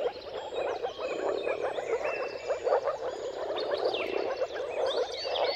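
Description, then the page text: Moor frog chorus of rapid, soft gurgling pulses, under sliding bird whistles and chirps. Mating chorus of moor frogs at sunrise, at the turn of March and April depending on the weather; dawn chorus. "Dawn’s Chorus: Mating Calls of Marsh Frogs at Sunrise. Depending on the weather at the turn of March and April, you can witness an amazing spectacle of moor frogs. Jakub-Orzecki moor frogs"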